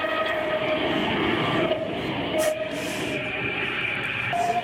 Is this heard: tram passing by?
yes